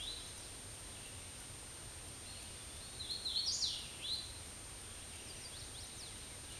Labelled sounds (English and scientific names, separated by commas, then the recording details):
Hooded Warbler (Setophaga citrina) song
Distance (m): 25 m
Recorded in a Pennsylvania forest on 18 May 2023 at 06:37
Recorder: AudioMoth, point grid1_31_low
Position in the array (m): 134 m, 115 m